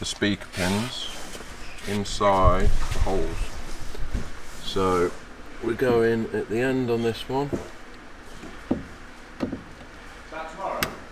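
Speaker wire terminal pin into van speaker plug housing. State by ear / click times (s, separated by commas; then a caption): seated / 10.8 s. Someone talks while a speaker wire terminal pin is pushed into the end hole of the speaker plug housing on a VW Transporter T6/T6.1 during an Alpine plug-and-play speaker and tweeter upgrade. After a couple of small taps, a sharp little click at 10.8 s shows the pin has seated and located in the housing.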